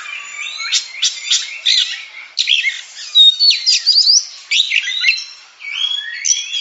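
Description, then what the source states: Oriental magpie-robin singing varied phrases: harsh scratchy notes, then clear looping and rising whistles, in short bursts separated by brief pauses. Champion singing bird.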